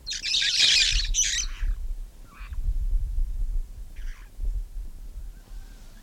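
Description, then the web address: Red-fronted parrot calls, a loud raspy screech followed by a clipped note and two softer squawks, with low background rumble. "parrots poicephalus-gulielmi"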